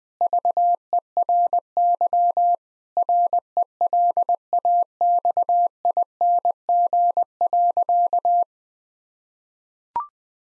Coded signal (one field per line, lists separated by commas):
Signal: Morse code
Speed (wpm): 21 wpm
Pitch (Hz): 700 Hz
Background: none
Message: VERY RELAXING.